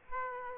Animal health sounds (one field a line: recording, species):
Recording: mosquito wingbeat signal from an infrared sensor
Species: Aedes aegypti